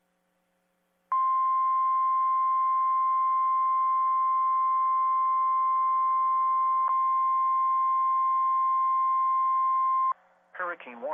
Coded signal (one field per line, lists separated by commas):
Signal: Emergency Alert System (SAME) tones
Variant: 1050 Hz attention tone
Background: speech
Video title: EAS: Mandatory Evacuations/Hurricane Warnings for Florida from Hurricane Idalia │ NOAA Weather Radio